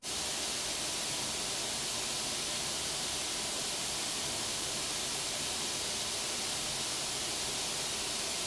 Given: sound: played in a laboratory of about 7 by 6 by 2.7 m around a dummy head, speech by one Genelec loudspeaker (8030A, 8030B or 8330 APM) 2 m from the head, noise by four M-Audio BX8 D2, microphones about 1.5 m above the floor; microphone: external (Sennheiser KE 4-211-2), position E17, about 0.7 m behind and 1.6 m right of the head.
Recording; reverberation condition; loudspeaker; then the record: white noise; medium; four, about 170 cm from the corners of the room and facing them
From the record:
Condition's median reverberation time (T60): about 510 ms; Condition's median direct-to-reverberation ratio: about -0.5 dB